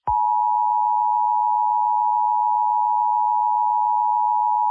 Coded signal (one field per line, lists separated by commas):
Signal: Emergency Alert System (SAME) tones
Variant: 853 and 960 Hz attention tone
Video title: EAS Scenario Cooke run: kingdom Dragon Massacre Part 2